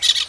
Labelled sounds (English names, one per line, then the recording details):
Brown-throated Parakeet contact call
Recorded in Venezuela
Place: Guárico; Corozopando; Fundo La Fe
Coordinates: 8.506, -67.593